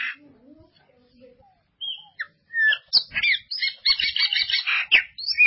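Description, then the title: Ultramarine grosbeak giving a few faint notes and a clear whistle, then a loud run of harsh, buzzy chirps. "Azulao"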